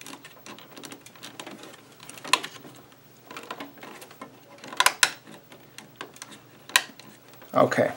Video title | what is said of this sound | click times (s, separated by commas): Epson 1400 Continuous Ink System Install CISS | so they're all clicked in place you you apply some pressure to to do it because it's one unit | 2.3 s, 4.8 s, 5.0 s, 6.8 s